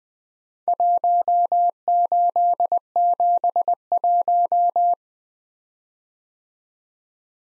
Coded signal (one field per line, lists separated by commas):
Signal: Morse code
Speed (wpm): 20 wpm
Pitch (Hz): 700 Hz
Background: none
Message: 1871